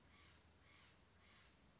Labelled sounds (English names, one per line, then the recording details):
Steller's Jay
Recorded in Sonoma County, California